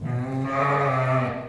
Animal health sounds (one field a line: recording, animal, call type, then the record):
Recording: contact call of a hoofed animal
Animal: sheep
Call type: low-frequency (closed-mouth) or high-frequency (open-mouth) call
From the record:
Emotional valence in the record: negative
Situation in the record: short social isolation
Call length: 1.49 s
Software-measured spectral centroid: 1400 Hz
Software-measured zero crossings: 1360 a second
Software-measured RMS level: -24 dBFS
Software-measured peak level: -10 dBFS